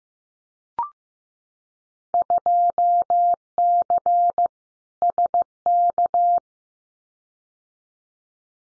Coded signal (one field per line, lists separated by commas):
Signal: Morse code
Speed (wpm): 15 wpm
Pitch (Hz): 700 Hz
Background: none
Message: 2C SK